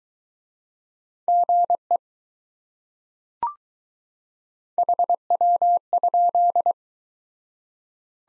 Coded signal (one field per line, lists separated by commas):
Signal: Morse code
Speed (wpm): 22 wpm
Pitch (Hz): 700 Hz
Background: none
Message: GE HW?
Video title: Top 20 QSO Elements - Speed-Racing - 15wpm